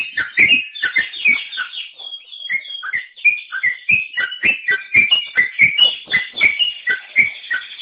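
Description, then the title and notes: Bird song: lively sequence of bright chirps and short whistles following closely one after another throughout. "Bird Sound. Kicau Burung Lengkap"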